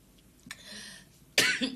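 An adult woman coughs after a piece of candy went into her throat.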